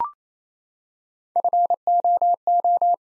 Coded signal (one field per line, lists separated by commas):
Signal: Morse code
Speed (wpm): 27 wpm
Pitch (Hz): 700 Hz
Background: none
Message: FOO